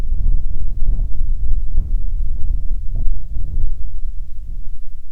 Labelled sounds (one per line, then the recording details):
wind
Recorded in the Prudhoe Bay oil fields, Alaska, on 6 June 2019 at 03:52
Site 16